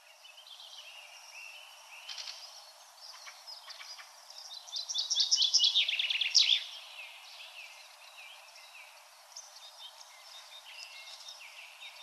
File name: Fringilla coelebs